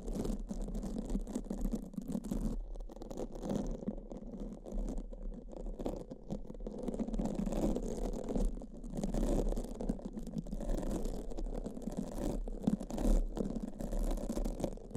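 Brain scratch sounds: a dense, continuous scratching and rubbing, mostly low and muffled with a soft hiss above. The texture churns irregularly without pause, thinning briefly around 2–3 and 9 seconds, with a small sharp bump near 13 seconds.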